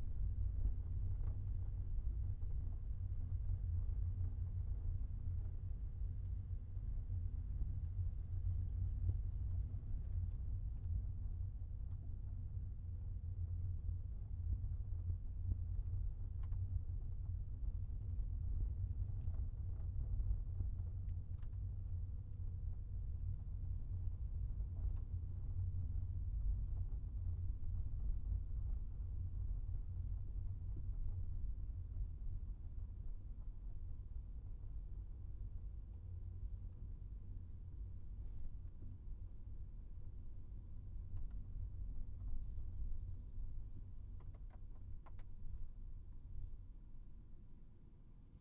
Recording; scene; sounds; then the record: everyday scene through a hearing-aid microphone; in a vehicle; engine, rumble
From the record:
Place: Skoda Fabia, gasoline engine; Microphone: behind the ear, right, front